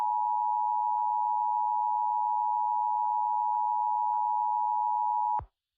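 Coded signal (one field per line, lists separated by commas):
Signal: Emergency Alert System (SAME) tones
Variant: 853 and 960 Hz attention tone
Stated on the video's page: EAS scenario recreation.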